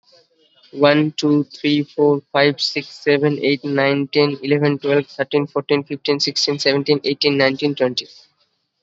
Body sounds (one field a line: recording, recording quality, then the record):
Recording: counting at a fast pace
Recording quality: moderate, slight background noise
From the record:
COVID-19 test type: RT-PCR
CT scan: not taken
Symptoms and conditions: none ticked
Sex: male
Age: 19 years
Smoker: no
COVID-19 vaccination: both doses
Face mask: worn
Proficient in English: yes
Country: India